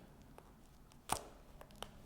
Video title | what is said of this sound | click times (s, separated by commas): Smart Cuffs BFR Leg Application | you're gonna snap it in you should hear a little snap that's how you know it's in snap | 1.1 s